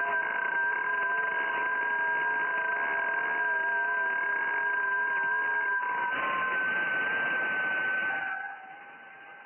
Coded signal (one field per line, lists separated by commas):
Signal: FT8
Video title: FT8 運用動画 28Mhzでアルゼンチン、ベトナム、オーストラリアと交信しました。JH4MTE